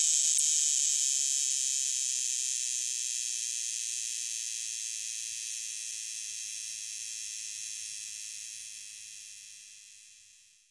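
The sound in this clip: Cicada buzzing call, a steady, high, hissing drone with an even pulse that slowly fades away toward the end.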